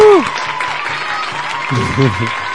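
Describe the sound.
A steady wash of clapping from a crowd, applauding the technical manager of a French-language radio show, carries on throughout, with a voice calling out briefly at the start and again near the end over the applause.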